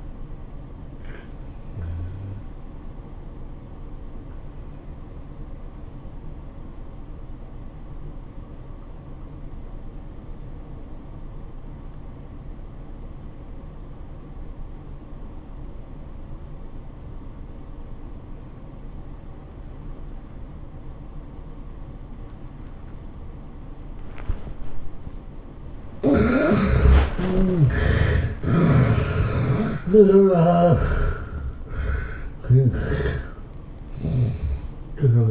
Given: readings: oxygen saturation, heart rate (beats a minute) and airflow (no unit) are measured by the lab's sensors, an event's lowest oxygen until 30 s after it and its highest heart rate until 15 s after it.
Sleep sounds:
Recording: breathing in sleep by a smartphone at the bedside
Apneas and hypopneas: 1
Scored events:
1.00-31.00 s: new sleep stage, N2 (light sleep)
5.00-26.80 s: obstructive apnea (N2, oxygen 96% highest, then 69% lowest, heart rate 94 at the start, 110 highest)
31.00-35.31 s: new sleep stage, N1 (lightest sleep)
From the record:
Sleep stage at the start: N1 (lightest sleep)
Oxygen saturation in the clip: 73 to 96%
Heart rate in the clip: 84 to 109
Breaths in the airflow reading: 6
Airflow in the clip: -12.6 to 13.7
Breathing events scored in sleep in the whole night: 403 in 5.5 hours asleep

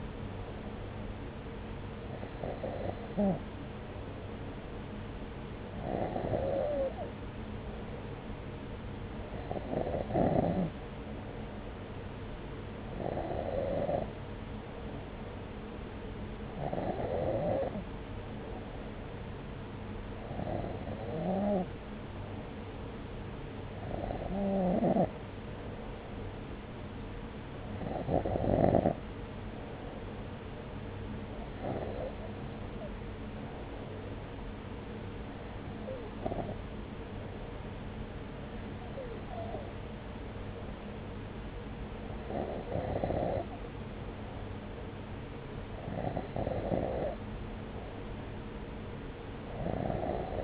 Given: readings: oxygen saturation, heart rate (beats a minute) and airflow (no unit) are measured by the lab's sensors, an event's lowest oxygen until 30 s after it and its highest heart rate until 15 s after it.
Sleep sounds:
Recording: breathing in sleep by a voice recorder at the bedside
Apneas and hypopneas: none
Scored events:
28.00-50.44 s: new sleep stage, N3 (deep sleep)
From the record:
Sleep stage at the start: N2 (light sleep)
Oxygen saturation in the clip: 93%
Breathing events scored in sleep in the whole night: 303 in 8.1 hours asleep

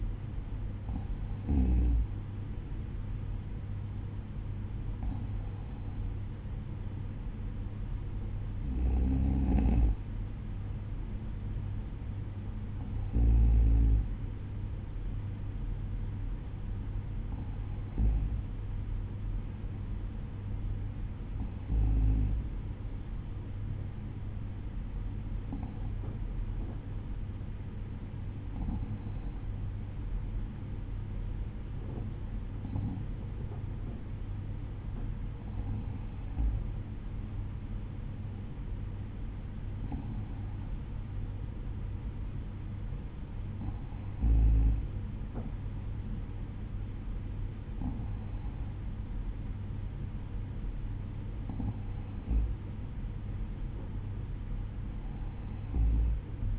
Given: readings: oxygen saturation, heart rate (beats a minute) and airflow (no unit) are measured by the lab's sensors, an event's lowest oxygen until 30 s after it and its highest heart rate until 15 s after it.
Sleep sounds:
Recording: breathing in sleep by a smartphone at the bedside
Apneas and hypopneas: none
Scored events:
none scored
From the record:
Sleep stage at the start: N2 (light sleep)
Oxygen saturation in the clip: 94%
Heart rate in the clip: 52 to 55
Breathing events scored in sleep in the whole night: 305 in 9.6 hours asleep

